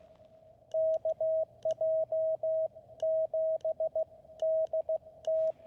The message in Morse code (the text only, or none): KJ7DT